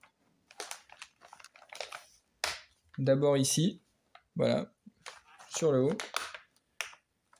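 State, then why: Seated. The plastic bottom cover of an Acer Nitro 5 AN515-55-57WU laptop is refitted onto the chassis by pressing lightly along its top edge while someone talks. Its clips snap in with a sharp click at 6.8 s, and the cover is seated.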